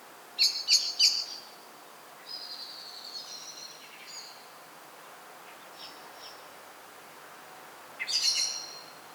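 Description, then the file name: Common blackbird giving a quick trio of sharp chinks, then faint thin calls in the background before another short burst of chinking. "Turdus merula"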